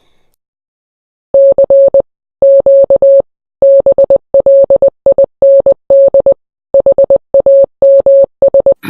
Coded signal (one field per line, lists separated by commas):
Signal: Morse code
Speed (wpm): 20 wpm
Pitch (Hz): 550 Hz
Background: none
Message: CQ BLIND HAMS